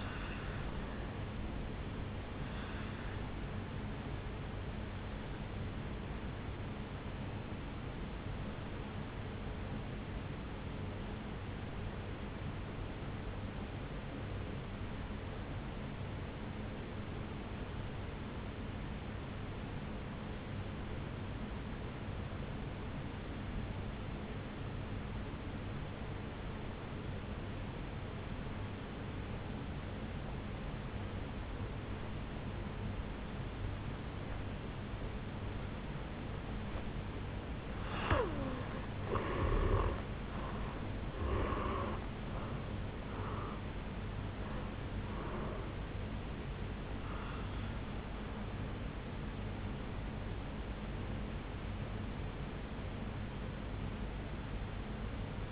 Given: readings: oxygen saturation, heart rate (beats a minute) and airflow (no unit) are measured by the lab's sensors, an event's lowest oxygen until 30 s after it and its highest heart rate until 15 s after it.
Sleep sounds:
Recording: breathing in sleep by a voice recorder at the bedside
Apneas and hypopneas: 1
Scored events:
2.00-55.52 s: new sleep stage, N1 (lightest sleep)
7.00-38.30 s: obstructive apnea (N1, oxygen 96% highest, then 84% lowest, heart rate 58 at the start, 76 highest)
From the record:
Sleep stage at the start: N2 (light sleep)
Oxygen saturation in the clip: 83 to 96%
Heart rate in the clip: 54 to 76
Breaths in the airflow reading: 5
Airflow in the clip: -11.7 to 8.5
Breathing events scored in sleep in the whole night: 449 in 7.0 hours asleep

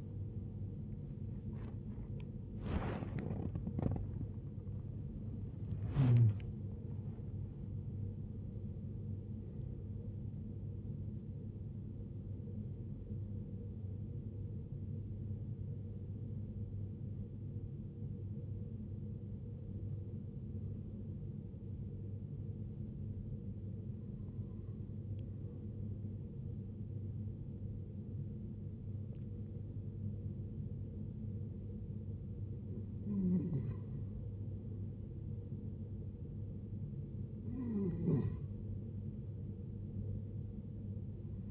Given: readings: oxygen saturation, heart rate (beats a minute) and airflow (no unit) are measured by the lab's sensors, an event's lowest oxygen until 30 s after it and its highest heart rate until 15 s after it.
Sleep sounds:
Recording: a person awake in a sleep study, by a smartphone at the bedside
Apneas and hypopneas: 1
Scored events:
0.00-31.00 s: awake
17.00-34.20 s: hypopnea (scored as awake, oxygen 95% highest, then 90% lowest, heart rate 89 at the start, 89 highest)
26.00-41.51 s: new sleep stage, N1 (lightest sleep)
From the record:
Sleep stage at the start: awake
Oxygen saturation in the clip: 92 to 95%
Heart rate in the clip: 65 to 99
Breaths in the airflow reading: 9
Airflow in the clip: -10.8 to 12.6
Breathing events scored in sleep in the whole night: 389 in 6.3 hours asleep

